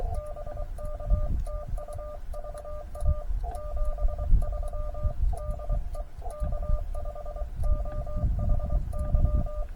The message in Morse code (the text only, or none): BK TU VA 73 DE K5OHY